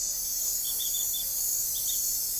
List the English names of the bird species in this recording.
none